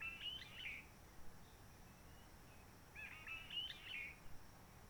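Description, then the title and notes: Réunion bulbul song: two short warbled, chattering phrases, one at the start and one about three seconds later, over a steady low background hiss. Roche Merveilleuse, Réunion; quiet forest, sunny blue sky, since 19 March 2020 lockdown without visitors, microlights or helicopters; birds not very active; bulbul sings simpler short phrases, habit from enduring aircraft noise. "Roche Merveilleuse, Réunion - Merle de lîle de la Réunion. Merle de la Réunion. depuis le 19 mars 2020"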